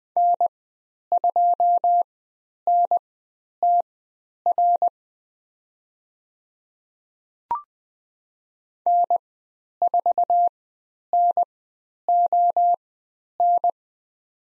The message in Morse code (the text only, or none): N2NTR N4NON